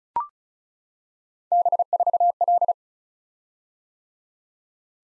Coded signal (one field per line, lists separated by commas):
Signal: Morse code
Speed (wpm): 36 wpm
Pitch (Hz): 700 Hz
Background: none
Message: B4L